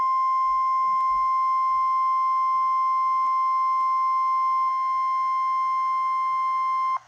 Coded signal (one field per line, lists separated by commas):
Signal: Emergency Alert System (SAME) tones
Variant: 1050 Hz attention tone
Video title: EAS Compilation: 4 T-Storm Watches/18 T-Storm Warnings | NOAA Weather Radio (4/12/2014)